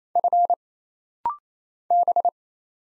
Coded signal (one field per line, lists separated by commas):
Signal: Morse code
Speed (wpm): 27 wpm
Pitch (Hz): 700 Hz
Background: none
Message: F B